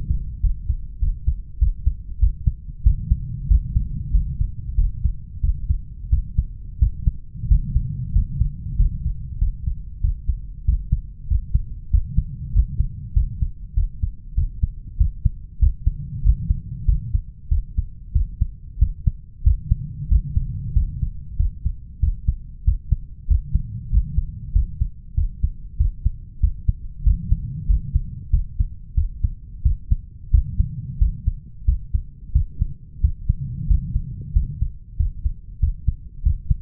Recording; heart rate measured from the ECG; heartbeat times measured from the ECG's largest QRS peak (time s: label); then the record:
heart sounds by stethoscope; 94 bpm
0.43 s: heartbeat
1.02 s: heartbeat
1.61 s: heartbeat
2.22 s: heartbeat
2.86 s: heartbeat
3.50 s: heartbeat
4.14 s: heartbeat
4.78 s: heartbeat
5.43 s: heartbeat
6.12 s: heartbeat
6.81 s: heartbeat
7.50 s: heartbeat
8.15 s: heartbeat
8.79 s: heartbeat
9.41 s: heartbeat
10.03 s: heartbeat
10.67 s: heartbeat
11.30 s: heartbeat
11.93 s: heartbeat
12.55 s: heartbeat
13.16 s: heartbeat
13.76 s: heartbeat
14.37 s: heartbeat
15.00 s: heartbeat
15.61 s: heartbeat
16.25 s: heartbeat
16.88 s: heartbeat
17.51 s: heartbeat
18.15 s: heartbeat
18.81 s: heartbeat
19.46 s: heartbeat
20.11 s: heartbeat
20.76 s: heartbeat
21.39 s: heartbeat
22.02 s: heartbeat
22.67 s: heartbeat
23.30 s: heartbeat
23.92 s: heartbeat
24.55 s: heartbeat
25.17 s: heartbeat
25.79 s: heartbeat
26.42 s: heartbeat
27.06 s: heartbeat
27.69 s: heartbeat
28.33 s: heartbeat
28.97 s: heartbeat
29.65 s: heartbeat
30.33 s: heartbeat
31.01 s: heartbeat
31.67 s: heartbeat
32.35 s: heartbeat
33.03 s: heartbeat
33.70 s: heartbeat
34.35 s: heartbeat
34.99 s: heartbeat
35.62 s: heartbeat
36.25 s: heartbeat
From the record:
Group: healthy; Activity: rest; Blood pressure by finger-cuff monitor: 162/88 mmHg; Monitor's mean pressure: 112 mmHg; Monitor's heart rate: 94 bpm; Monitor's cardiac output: 7.8 L/min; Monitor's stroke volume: 84 mL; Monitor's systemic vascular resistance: 1070 dyn s/cm5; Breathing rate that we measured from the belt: 16 breaths a minute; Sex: male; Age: 21 years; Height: 175 cm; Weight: 72.6 kg